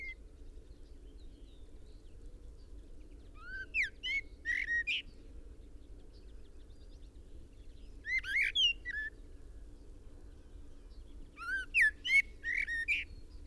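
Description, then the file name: Common blackbird song, three separate bursts of whistled notes spaced several seconds apart in quiet surroundings. "Turdus merula"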